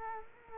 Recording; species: mosquito wingbeat signal from an infrared sensor; Culex quinquefasciatus